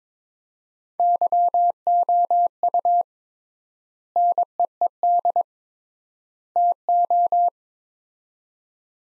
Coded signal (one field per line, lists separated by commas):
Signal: Morse code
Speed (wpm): 21 wpm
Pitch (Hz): 700 Hz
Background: none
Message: YOU NEED TO